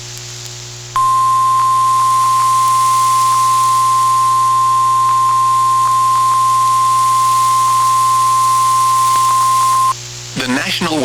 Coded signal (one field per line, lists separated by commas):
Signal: Emergency Alert System (SAME) tones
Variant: 1050 Hz attention tone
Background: speech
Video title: EAS Alerts from 9/6/25 (EAS #187-210)